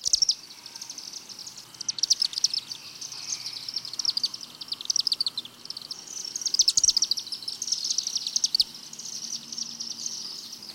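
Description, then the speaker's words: Chimney swift twittering: rapid, high, dry chips in continuous bursts, non-musical and nearly level in pitch, rising and falling in loudness over several seconds. Call given in flight; a continuous series of chips and twitters, non-musical and varying little in pitch. "The call of the chimney swift, given in flight, is a continuous series of chips and twitters."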